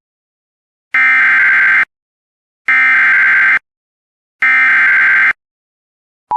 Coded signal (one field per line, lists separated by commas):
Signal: Emergency Alert System (SAME) tones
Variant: header bursts